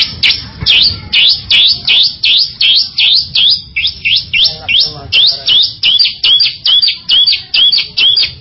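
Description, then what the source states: Bird song of a sharp, downward-sweeping chirp repeated steadily about two to three times a second. Complete birdsong.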